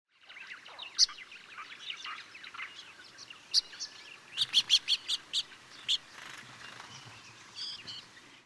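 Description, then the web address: Scaly-feathered weaver giving high, sharp chirps and ticking clicks, loosely repeated, with a quick run of several clicks in the middle over a soft background chatter. "Scaly feathered weaver. صدای-پرنده-جولای-پر-پولکی"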